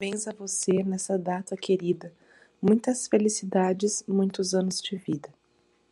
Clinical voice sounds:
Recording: short text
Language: Brazilian Portuguese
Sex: female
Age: 20 to 29 years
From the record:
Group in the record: control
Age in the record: 29 years

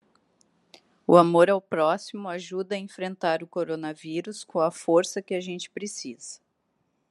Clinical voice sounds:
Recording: spoken sentence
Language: Brazilian Portuguese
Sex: female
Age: 40 to 49 years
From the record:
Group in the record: control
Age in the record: 43 years

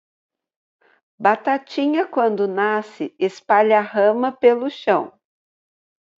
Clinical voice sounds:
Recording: short text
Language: Brazilian Portuguese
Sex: female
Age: 50 to 59 years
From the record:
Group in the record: control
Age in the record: 50 years

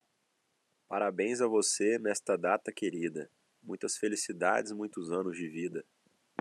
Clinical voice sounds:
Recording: short text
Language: Brazilian Portuguese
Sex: male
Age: 20 to 29 years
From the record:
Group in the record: control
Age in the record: 27 years

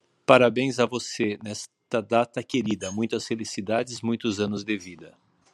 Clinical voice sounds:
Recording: short text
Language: Brazilian Portuguese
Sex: male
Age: 50 to 59 years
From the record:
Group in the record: control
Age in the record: 58 years

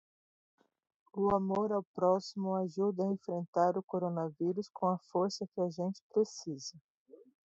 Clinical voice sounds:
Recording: spoken sentence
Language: Brazilian Portuguese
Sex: female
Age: 40 to 49 years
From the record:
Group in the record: control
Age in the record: 43 years

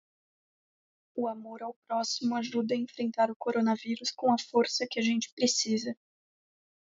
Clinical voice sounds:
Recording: spoken sentence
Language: Brazilian Portuguese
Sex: female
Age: 20 to 29 years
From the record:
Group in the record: control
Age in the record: 20 years

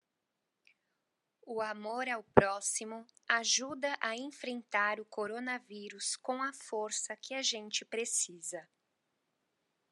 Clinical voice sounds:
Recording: spoken sentence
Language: Brazilian Portuguese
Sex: female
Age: 30 to 39 years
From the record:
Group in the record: control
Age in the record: 32 years

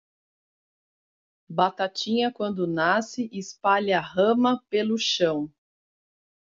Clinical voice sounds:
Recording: short text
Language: Brazilian Portuguese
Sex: female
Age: 40 to 49 years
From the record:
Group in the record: control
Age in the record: 48 years

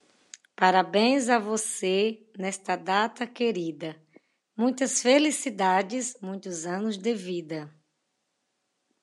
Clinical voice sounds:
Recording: short text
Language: Brazilian Portuguese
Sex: female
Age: 50 to 59 years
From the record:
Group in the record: control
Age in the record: 52 years

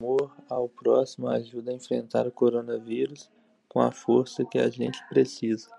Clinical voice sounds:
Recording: spoken sentence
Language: Brazilian Portuguese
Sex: male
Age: 20 to 29 years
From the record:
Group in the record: control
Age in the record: 23 years

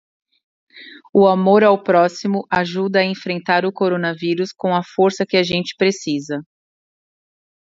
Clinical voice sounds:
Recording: spoken sentence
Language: Brazilian Portuguese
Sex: female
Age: 40 to 49 years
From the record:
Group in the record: control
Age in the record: 47 years

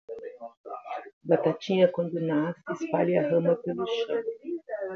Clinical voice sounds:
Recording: short text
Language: Brazilian Portuguese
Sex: female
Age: 60 to 69 years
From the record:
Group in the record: control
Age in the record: 62 years

